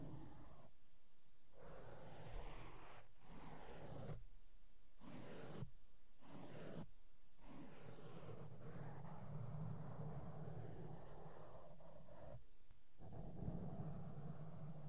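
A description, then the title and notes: Soft makeup brushes sweep across a microphone, making a dense, constant scratchy rustle with a low rumble underneath. The brushing breaks into short gaps roughly every second or so during the first half, then runs smoother until two more brief pauses near the end. ASMR SOFT SOUNDS WITH MAKEUP BRUSHES ON MIC AND MICROPHONE TOUCHING.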